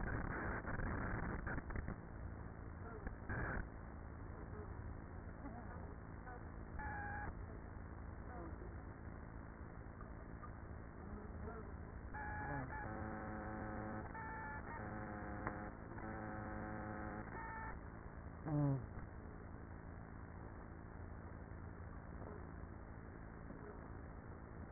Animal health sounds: honeybee colony, microphone inside the hive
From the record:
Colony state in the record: queenless with a low population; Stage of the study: after two queens were removed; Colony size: about 30,000 bees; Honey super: no

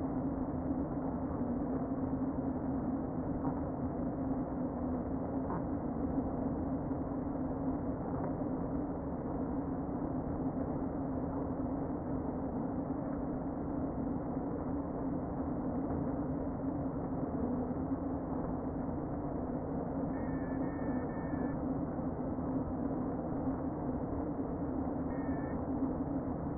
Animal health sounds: honeybee colony, microphone inside the hive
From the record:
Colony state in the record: queen present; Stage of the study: before two queens were removed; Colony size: about 60,000 bees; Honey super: yes

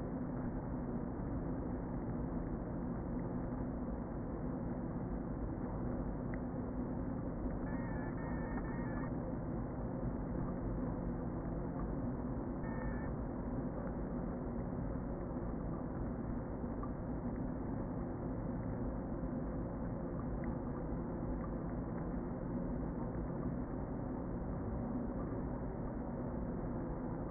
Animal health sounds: honeybee colony, microphone inside the hive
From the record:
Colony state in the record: queen present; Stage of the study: before two queens were removed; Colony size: about 60,000 bees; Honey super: yes

